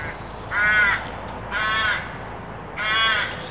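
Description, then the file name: Carrion crow calling three drawn-out, rough caws about a second apart against faint ambient noise. "Corvus corone"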